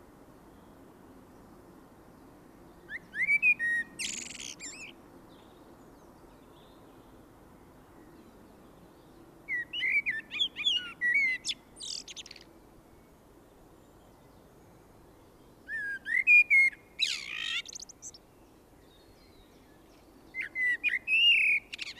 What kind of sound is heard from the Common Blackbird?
song